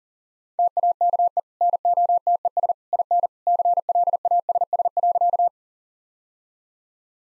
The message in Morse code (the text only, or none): TAKE NOTES IN CLASS.